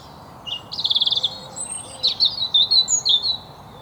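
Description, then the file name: European robin song with a rapid high trill, then a string of thin whistled and sliding notes. "Erithacus rubecula"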